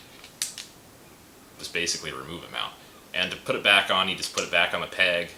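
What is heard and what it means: The lever on the quick-detach mount of a 3x magnifier is pulled down and the optic is twisted off its rail mount base, which stays on the gun. A sharp metal click at 0.4 s marks the optic coming free, and then someone talks. The magnifier is released from its base.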